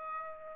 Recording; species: mosquito wingbeat signal from an infrared sensor; Aedes albopictus